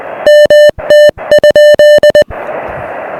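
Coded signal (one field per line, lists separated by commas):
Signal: Morse code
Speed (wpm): 20 wpm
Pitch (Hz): 3000 Hz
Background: music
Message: MT?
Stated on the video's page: SOTA summit activation with an Elecraft KX1 on internal battery and a 20-meter delta loop antenna.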